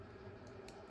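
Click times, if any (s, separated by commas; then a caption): 0.7 s. A metal blade head is pushed into the handle of a weeding tool with interchangeable heads. A short, sharp snap at 0.7 s stands out above a low, steady background hum. The head seats in the handle.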